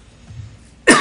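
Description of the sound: A single cough from an adult man whose voice is strained from yelling too much at a hockey game the night before.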